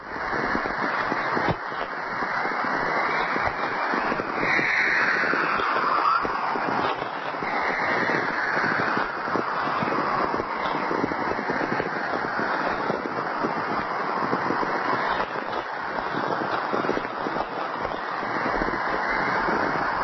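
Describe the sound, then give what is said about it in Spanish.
Radio whistles from an aurora borealis over Manitoba, interacting with the solar wind: a steady, loud static hiss with thin gliding whistles and chirps sweeping through it, a few descending tones standing out early on. No voices. “Es el silbido, los cánticos de una aurora boreal.”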